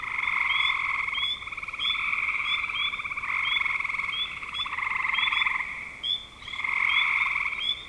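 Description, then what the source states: Dense frog chorus of trilled croaks running almost continuously, with frequent short rising chirps on top and one brief lull near the end. Spring 2025.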